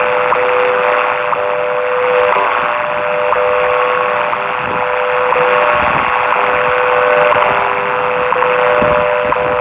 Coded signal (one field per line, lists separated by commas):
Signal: radio time signal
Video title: WWV and WWVH, 10 MHz from San Francisco, California -- 2:39, 17 Apr 2020 (UTC)